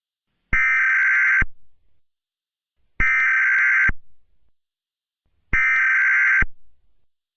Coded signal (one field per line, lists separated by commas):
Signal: Emergency Alert System (SAME) tones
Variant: header bursts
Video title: From the GoldenboyEAS Archives: EAS Scenario - War of the Century In Mobius City (Part I)